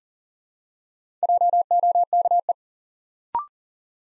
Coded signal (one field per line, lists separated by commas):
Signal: Morse code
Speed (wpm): 40 wpm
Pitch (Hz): 700 Hz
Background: none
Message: JOKE